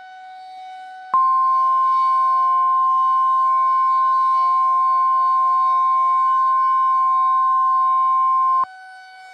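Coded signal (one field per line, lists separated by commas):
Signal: Emergency Alert System (SAME) tones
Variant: 1050 Hz attention tone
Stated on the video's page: Fictional scenario: simulated severe-weather alerts for the Midwest, not real.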